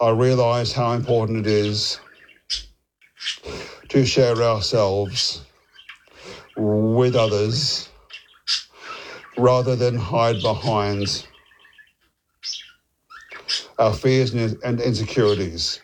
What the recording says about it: As someone who stutters. I recently attended a Maguire course in Melbourne to work on my speech and take back control.